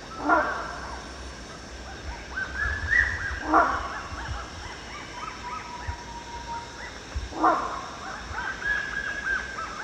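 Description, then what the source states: Rhinoceros hornbill producing three gruff, barking honks at uneven intervals, amid busy chirping birds, a thin whistled note and a steady buzz of insects. Recorded at Danum on 1 January 2008.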